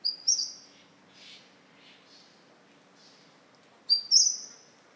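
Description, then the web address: Mistletoebird calls: two bursts of high thin notes at the start and end, softer faint notes between, quiet background. "Mistletoebird. صدای-پرنده-مرغ-دارواش"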